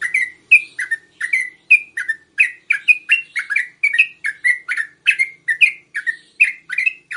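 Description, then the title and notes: Yellow-vented bulbul song: brisk chirped notes, alternately rising and dropping, delivered in a rapid rolling sequence with brief gaps between notes. Song styles called tembakan and ropel, used for training songbirds. "MASTERAN Trucukan Tembakan Dan Ropel. BURUNG TRUCUKAN"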